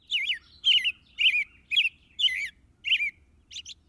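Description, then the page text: American robin caroling, seven short rich warbled phrases, rising and falling, delivered about twice a second with brief gaps between them. "How Long Does a Robin Live?"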